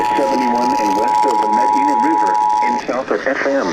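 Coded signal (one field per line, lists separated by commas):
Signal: Emergency Alert System (SAME) tones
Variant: 853 and 960 Hz attention tone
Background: speech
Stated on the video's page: Fire Warning with a mandatory evacuation from a county emergency management office, relayed by the National Weather Service on weather radio station WXK67 and an FM station.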